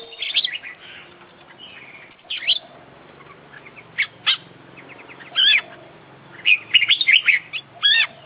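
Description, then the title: Oriental magpie-robin singing varied whistled notes, slurred phrases and rapid chattering bursts, growing busier toward the end. International champion kacer from Indonesian songbird contests, singing vigorously (gacor) with its full isian repertoire, used for training other birds. "Kicau Mania - Full Isian Juara Internasional Burung KACER Gacor"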